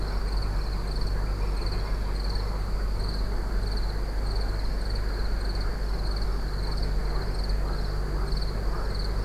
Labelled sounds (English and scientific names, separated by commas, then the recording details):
Water Rail (Rallus aquaticus)
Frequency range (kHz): Water Rail (Rallus aquaticus) 2.9-3.6 kHz
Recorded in France